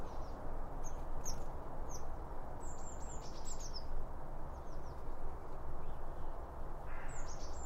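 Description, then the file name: Birds twittering: high thin chirps and short descending whistled notes, over a steady low background hum. Birds around a bird feeder, recorded with two Line Audio OM 1 microphones. "Birds Around Birdfeeding With Two Om 1 From Line Audio"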